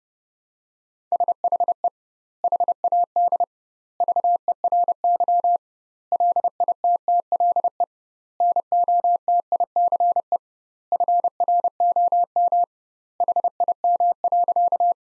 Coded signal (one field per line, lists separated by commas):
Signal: Morse code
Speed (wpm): 30 wpm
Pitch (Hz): 700 Hz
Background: none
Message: SHE HAD VERY LITTLE NOTICE FROM HIM.